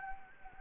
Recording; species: mosquito wingbeat signal from an infrared sensor; Anopheles gambiae